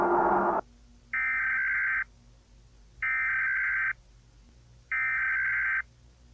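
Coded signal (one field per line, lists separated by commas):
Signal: Emergency Alert System (SAME) tones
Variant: header bursts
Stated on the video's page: Fictional SCP-themed scenario alert, not a real broadcast.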